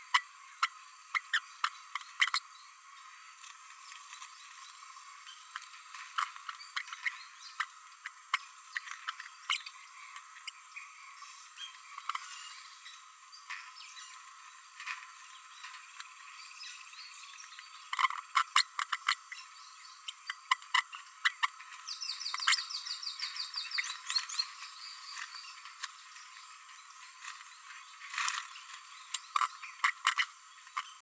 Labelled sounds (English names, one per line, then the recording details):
Green-rumped Parrotlet babbling
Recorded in a nest box in Venezuela
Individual 18B12A1